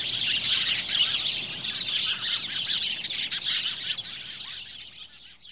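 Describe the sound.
Birds chattering in a dense high chorus of rapid overlapping chirps that fades toward the end.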